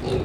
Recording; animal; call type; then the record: contact call of a hoofed animal; pig; closed-mouth grunt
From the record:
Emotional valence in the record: positive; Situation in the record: food and toys in familiar pen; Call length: 0.25 s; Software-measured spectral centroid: 1840 Hz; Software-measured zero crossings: 1120 a second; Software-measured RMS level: -24 dBFS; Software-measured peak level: -12 dBFS